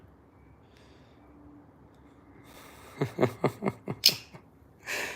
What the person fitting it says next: Did y'all hear that snap?